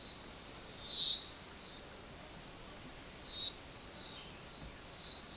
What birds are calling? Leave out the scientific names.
none